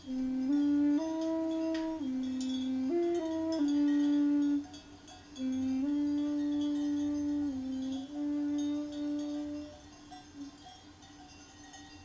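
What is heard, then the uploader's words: A tenor recorder plays a slow improvised line of held notes, stepping between a few pitches with short breaks around five and eight seconds, then fading to a softer sustained tone. Beneath it, faint clinking bells and a low rustling outdoor background continue throughout. Pecore e flauto dolce tenore - Neues Gedudel feat. Grazing Sheep (Sicily). Tenor recorder improvisation to a field recording of sheep and their bells from Sicily (recorded in early March 2022).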